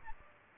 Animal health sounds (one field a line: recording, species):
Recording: mosquito wingbeat signal from an infrared sensor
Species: Aedes aegypti